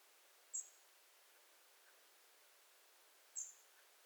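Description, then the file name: European robin giving two brief, very high, thin calls about three seconds apart over faint background hiss. "Erithacus rubecula"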